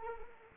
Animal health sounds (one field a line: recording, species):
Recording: mosquito wingbeat signal from an infrared sensor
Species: Anopheles arabiensis